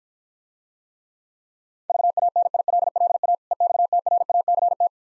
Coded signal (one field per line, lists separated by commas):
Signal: Morse code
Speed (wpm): 55 wpm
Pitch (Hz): 700 Hz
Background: none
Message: VANILLA EXTRACT